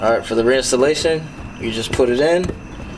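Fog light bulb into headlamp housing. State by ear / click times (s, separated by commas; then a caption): not seated / none. A fog light bulb for a 2001 Mazda Miata is being handled for reinstallation into its headlamp housing while someone talks. Nothing has seated or clicked yet.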